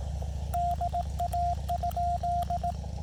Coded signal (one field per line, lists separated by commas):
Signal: Morse code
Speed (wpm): 18 wpm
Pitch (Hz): 700 Hz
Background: none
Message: DA?